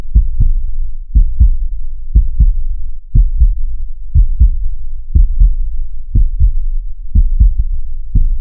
Heart beat.